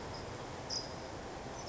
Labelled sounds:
California Towhee (Melozone crissalis)
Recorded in Sonoma County, California

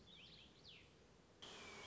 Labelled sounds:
Warbling Vireo (Vireo gilvus)
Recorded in Sonoma County, California

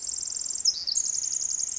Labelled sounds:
Pacific Wren (Troglodytes pacificus)
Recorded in Sonoma County, California

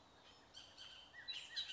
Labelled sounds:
Bullock's Oriole (Icterus bullockii)
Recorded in Sonoma County, California

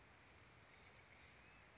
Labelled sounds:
Chestnut-backed Chickadee (Poecile rufescens)
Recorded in Sonoma County, California

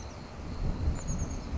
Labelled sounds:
Chestnut-backed Chickadee (Poecile rufescens)
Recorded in Sonoma County, California

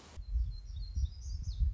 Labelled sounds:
Black-throated Gray Warbler (Setophaga nigrescens)
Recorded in Sonoma County, California

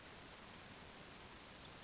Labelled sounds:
Western Flycatcher (Empidonax difficilis)
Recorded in Sonoma County, California

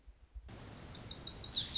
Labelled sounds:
Lazuli Bunting (Passerina amoena)
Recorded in Sonoma County, California

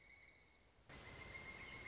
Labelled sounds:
Pileated Woodpecker (Dryocopus pileatus)
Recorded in Sonoma County, California

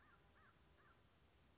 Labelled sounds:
American Crow (Corvus brachyrhynchos)
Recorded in Sonoma County, California

